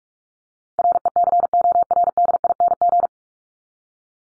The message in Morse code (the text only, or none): RECORDING